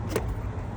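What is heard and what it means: An electrical connector in the engine bay of a Land Rover LR3 V6 is handled as it is reconnected to its mating socket after the power steering pump has been replaced. A brief sharp handling sound comes at about 0.2 s over a steady low rumble. Nothing has seated or clicked yet.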